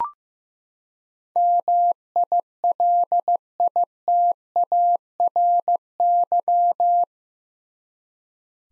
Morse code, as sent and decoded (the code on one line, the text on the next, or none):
-- .. .-.. .. - .- .-. -.--
MILITARY